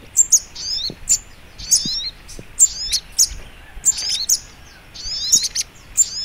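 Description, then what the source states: Little spiderhunter song with high squeaky chirps and quick slurred twitter phrases repeated in rapid succession, faint hiss behind. Masteran (training recording) of sogok ontong in the labaik song style.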